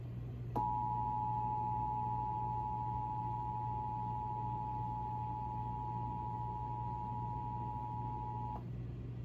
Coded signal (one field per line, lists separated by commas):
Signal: Emergency Alert System (SAME) tones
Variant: 853 and 960 Hz attention tone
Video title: Alerts, Alerts, Alerts! | EAS Alerts from 5/2-6/7 (EAS #154-179)